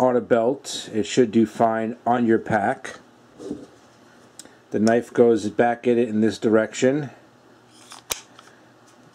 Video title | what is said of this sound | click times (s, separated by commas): Bear Grylls Compact Fixed Blade | and it does lock in here but it is not a very good lock it just | 8.1 s